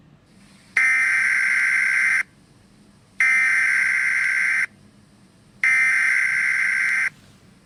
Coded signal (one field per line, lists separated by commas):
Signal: Emergency Alert System (SAME) tones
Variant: header bursts